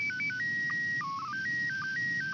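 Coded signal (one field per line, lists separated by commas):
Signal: SSTV (slow-scan television)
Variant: PD 120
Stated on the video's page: SSTV from an AMSAT CubeSat simulator.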